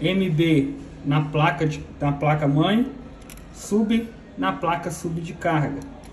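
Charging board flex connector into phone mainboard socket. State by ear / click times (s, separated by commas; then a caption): not seated / none. A charging sub-board flex connector is handled over the socket on a Xiaomi Poco X3 NFC / Poco X3 Pro main board, a phone being repaired because it won't charge or turn on. A man talks throughout, and no clicks are heard. Nothing has seated or clicked yet.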